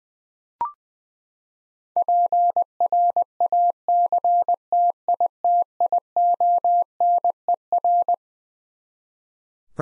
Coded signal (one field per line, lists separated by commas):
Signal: Morse code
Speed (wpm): 21 wpm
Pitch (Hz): 700 Hz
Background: none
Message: PRACTITIONER